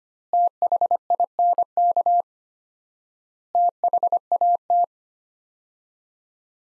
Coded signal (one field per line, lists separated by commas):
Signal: Morse code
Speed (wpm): 25 wpm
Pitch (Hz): 700 Hz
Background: none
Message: THINK THAT